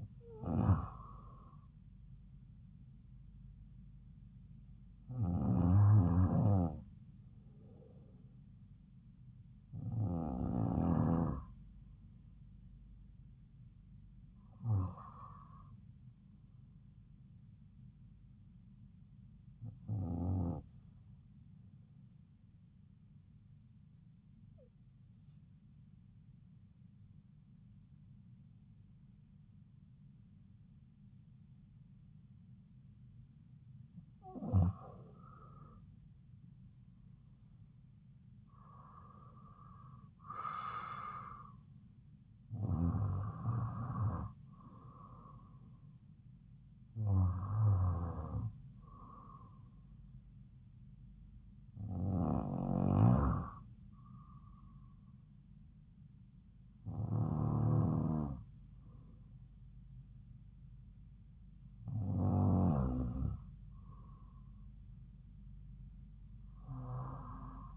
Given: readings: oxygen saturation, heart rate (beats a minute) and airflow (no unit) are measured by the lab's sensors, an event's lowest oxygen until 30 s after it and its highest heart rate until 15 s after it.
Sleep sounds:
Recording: breathing in sleep by a smartphone at the bedside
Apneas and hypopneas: 1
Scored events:
10.00-67.77 s: new sleep stage, N2 (light sleep)
22.00-35.90 s: hypopnea (N2, oxygen 94% highest, then 91% lowest)
From the record:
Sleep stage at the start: N1 (lightest sleep)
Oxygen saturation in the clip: 91 to 95%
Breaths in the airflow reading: 13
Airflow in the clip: -5.1 to 6.6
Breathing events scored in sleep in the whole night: 270 in 6.1 hours asleep

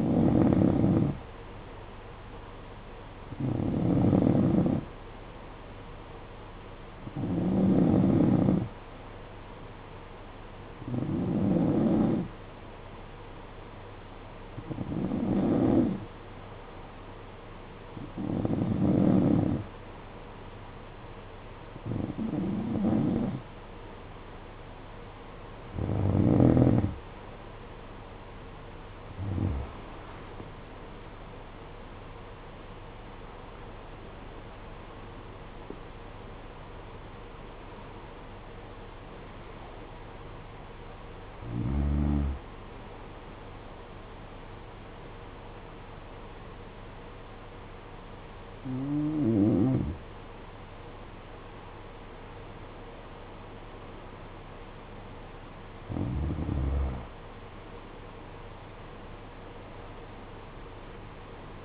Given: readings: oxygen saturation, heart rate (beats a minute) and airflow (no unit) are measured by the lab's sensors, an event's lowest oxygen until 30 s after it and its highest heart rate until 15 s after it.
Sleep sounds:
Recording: breathing in sleep by a voice recorder at the bedside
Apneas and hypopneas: 1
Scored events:
15.00-32.20 s: hypopnea (N3, oxygen 92% highest, then 92% lowest, heart rate 59 at the start, 74 highest)
19.00-61.65 s: new sleep stage, N2 (light sleep)
From the record:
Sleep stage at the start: N3 (deep sleep)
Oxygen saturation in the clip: 91 to 94%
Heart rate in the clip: 57 to 74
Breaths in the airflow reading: 16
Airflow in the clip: -12.8 to 13.7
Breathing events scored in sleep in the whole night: 476 in 9.7 hours asleep

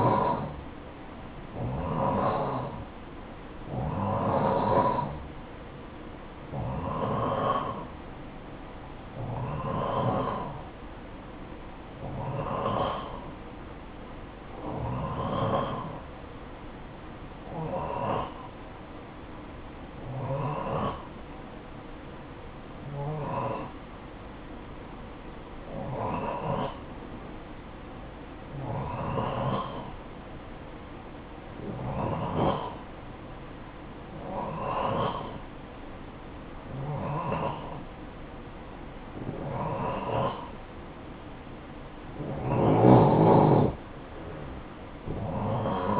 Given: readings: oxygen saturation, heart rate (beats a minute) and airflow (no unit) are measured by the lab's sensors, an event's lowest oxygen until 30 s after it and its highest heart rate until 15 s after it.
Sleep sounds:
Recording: breathing in sleep by a voice recorder at the bedside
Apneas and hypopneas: 1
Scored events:
18.00-39.10 s: hypopnea (N2, oxygen 92% highest, then 88% lowest, heart rate 62 at the start, 62 highest)
From the record:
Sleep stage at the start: N2 (light sleep)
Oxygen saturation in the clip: 89 to 92%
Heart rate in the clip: 52 to 62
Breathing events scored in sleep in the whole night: 573 in 9.8 hours asleep

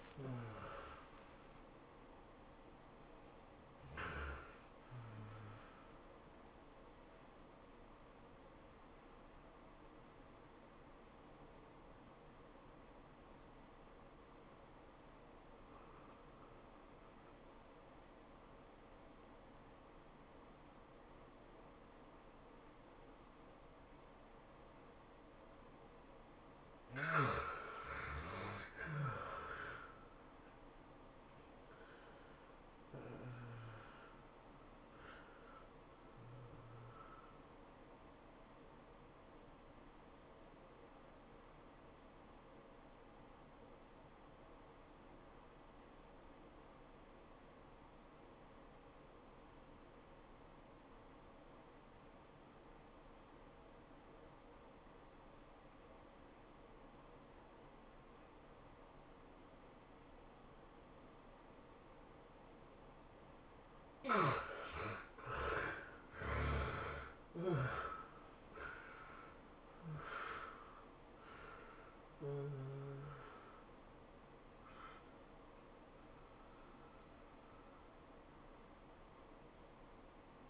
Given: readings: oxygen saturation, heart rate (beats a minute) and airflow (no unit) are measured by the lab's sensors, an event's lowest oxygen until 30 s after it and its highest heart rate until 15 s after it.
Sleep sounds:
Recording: breathing in sleep by a voice recorder at the bedside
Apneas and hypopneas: 2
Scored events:
11.00-26.80 s: obstructive apnea (N1, oxygen 97% highest, then 72% lowest, heart rate 107 at the start, 110 highest)
39.00-64.30 s: obstructive apnea (N1, oxygen 92% highest, then 70% lowest, heart rate 99 at the start, 107 highest)
From the record:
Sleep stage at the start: N1 (lightest sleep)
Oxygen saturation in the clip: 71 to 97%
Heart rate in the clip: 74 to 110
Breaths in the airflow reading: 10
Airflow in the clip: -17.2 to 18.9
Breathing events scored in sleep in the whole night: 403 in 5.5 hours asleep

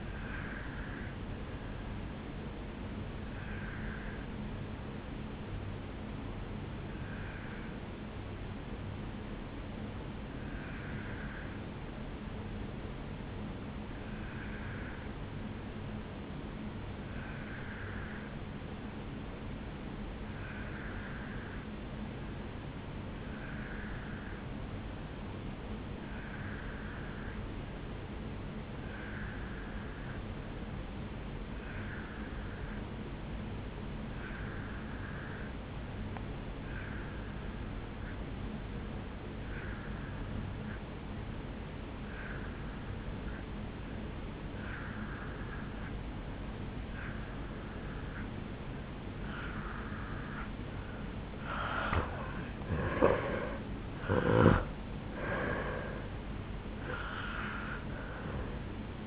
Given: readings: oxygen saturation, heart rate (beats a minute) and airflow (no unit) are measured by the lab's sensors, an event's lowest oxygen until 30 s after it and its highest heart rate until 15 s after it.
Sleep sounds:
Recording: breathing in sleep by a voice recorder at the bedside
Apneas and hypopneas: 1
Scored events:
5.00-51.90 s: obstructive apnea (N2, oxygen 97% highest, then 83% lowest, heart rate 60 at the start, 77 highest)
From the record:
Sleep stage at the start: N2 (light sleep)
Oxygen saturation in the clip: 82 to 97%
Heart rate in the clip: 58 to 77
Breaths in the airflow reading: 3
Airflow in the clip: -10.3 to 6.9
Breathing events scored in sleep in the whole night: 449 in 7.0 hours asleep

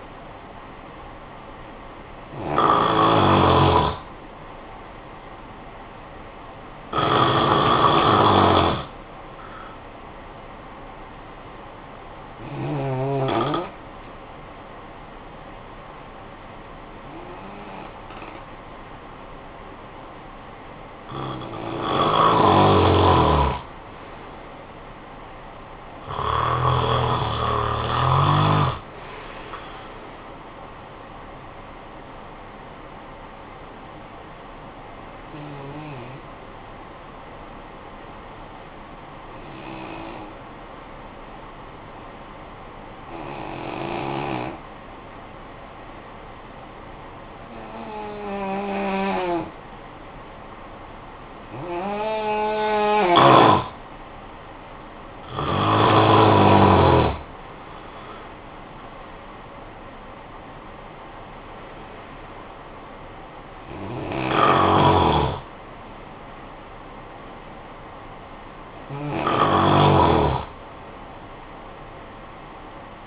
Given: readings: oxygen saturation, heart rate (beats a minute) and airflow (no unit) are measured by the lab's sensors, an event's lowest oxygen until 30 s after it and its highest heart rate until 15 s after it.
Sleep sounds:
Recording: breathing in sleep by a voice recorder at the bedside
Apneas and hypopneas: 2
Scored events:
12.00-26.20 s: hypopnea (N1, oxygen 95% highest, then 91% lowest, heart rate 56 at the start, 62 highest)
32.00-73.07 s: new sleep stage, N2 (light sleep)
37.00-51.40 s: obstructive apnea (N2, oxygen 93% highest, then 85% lowest, heart rate 51 at the start, 75 highest)
From the record:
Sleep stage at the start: N1 (lightest sleep)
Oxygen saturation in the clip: 86 to 95%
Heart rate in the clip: 50 to 75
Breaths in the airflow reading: 12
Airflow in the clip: -19.5 to 13.1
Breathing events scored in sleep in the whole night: 445 in 7.6 hours asleep

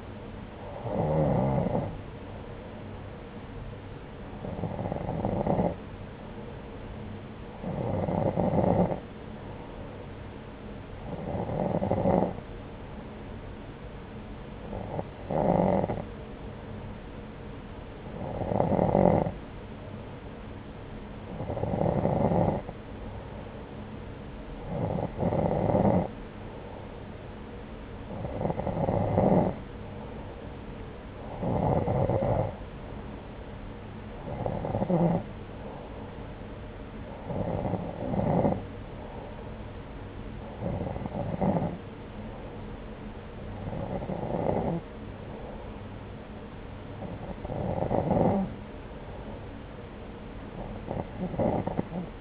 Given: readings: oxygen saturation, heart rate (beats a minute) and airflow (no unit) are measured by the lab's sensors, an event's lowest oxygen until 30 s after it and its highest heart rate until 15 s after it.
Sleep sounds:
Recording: breathing in sleep by a voice recorder at the bedside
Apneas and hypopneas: none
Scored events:
none scored
From the record:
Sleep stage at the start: N2 (light sleep)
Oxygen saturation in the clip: 90 to 91%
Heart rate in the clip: 64 to 81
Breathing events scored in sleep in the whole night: 303 in 8.1 hours asleep

